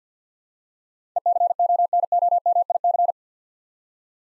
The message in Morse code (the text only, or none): ECONOMIC